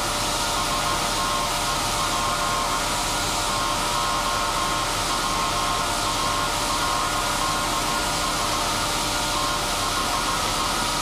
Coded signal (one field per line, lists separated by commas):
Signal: Morse code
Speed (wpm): 17 wpm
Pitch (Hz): 1070 Hz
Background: none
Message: STEP TOWARDS THE